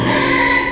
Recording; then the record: squeal of a Yucatan mini pig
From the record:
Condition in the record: before surgery on the right vocal fold (resection and tissue-engineered implant); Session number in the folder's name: 1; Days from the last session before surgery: -3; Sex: male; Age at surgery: 12 weeks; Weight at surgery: 13 kg